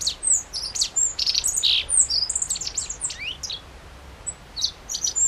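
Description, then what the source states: Godlewski's bunting song: high, thin chirps and short slurred whistles tumbling quickly together for about three seconds, then scattered sharp notes and a brief renewed burst near the end. Recorded 14 June 2012.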